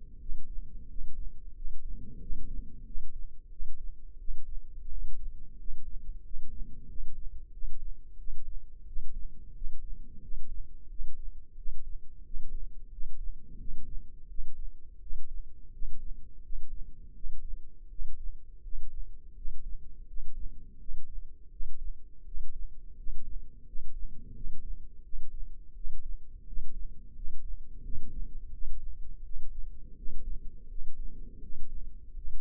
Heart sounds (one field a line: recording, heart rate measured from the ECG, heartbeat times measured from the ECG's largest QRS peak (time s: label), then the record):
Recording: heart sounds by microphone in the left ear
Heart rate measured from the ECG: 86 bpm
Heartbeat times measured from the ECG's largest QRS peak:
0.19 s: heartbeat
0.88 s: heartbeat
1.54 s: heartbeat
2.19 s: heartbeat
2.85 s: heartbeat
3.49 s: heartbeat
4.18 s: heartbeat
4.89 s: heartbeat
5.57 s: heartbeat
6.23 s: heartbeat
6.87 s: heartbeat
7.51 s: heartbeat
8.17 s: heartbeat
8.85 s: heartbeat
9.53 s: heartbeat
10.21 s: heartbeat
10.88 s: heartbeat
11.56 s: heartbeat
12.23 s: heartbeat
12.90 s: heartbeat
13.58 s: heartbeat
14.27 s: heartbeat
15.00 s: heartbeat
15.72 s: heartbeat
16.42 s: heartbeat
17.13 s: heartbeat
17.89 s: heartbeat
18.62 s: heartbeat
19.35 s: heartbeat
20.06 s: heartbeat
20.78 s: heartbeat
21.50 s: heartbeat
22.24 s: heartbeat
22.96 s: heartbeat
23.65 s: heartbeat
24.33 s: heartbeat
25.02 s: heartbeat
25.74 s: heartbeat
26.45 s: heartbeat
27.14 s: heartbeat
27.82 s: heartbeat
28.51 s: heartbeat
29.23 s: heartbeat
29.95 s: heartbeat
30.68 s: heartbeat
31.40 s: heartbeat
32.14 s: heartbeat
From the record:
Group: healthy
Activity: cold pressor test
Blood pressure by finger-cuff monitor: 126/66 mmHg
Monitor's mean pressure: 83 mmHg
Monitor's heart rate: 87 bpm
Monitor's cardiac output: 9.3 L/min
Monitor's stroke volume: 106 mL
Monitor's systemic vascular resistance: 660 dyn s/cm5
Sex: male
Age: 24 years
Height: 184 cm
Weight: 89 kg